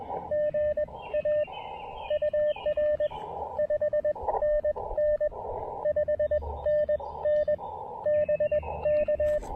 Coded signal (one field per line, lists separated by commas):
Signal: Morse code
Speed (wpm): 20 wpm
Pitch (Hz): 600 Hz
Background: radio noise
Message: GA UR 5NN 5NN BK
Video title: QRP POTA & SOTA at Monte Sano State Park in Huntsville, Alabama!